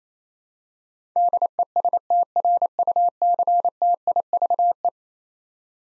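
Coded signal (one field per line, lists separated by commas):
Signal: Morse code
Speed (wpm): 28 wpm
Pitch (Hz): 700 Hz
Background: none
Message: DESTRUCTIVE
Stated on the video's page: Morse head-copy practice of eleven-letter words at 28 wpm, each word sent, spoken, then sent again.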